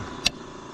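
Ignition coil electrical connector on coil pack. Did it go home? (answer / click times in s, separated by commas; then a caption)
released / 0.3 s. On a 2008 Audi Q7 3.6 during a coil pack replacement, a flathead screwdriver releases the plastic locking tab of an ignition coil electrical connector on the coil pack. A single short, sharp click sounds at 0.3 s over a steady background hiss. The connector clicks open and is released.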